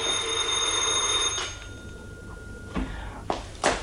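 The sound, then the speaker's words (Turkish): An electronic doorbell chime at an old-style house rings with steady, bright tones for about a second and a half, then fades, followed by a few soft knocks or thumps. “Çocuklar dikkat, zili çalıyorum.”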